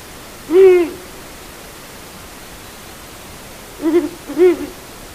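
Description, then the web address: Ural owl hooting: a single deep hoot, then after a pause of about three seconds two more quick hoots close together, over a steady background hiss. "agykontroll Madardalok Cd 1. Uráli bagoly"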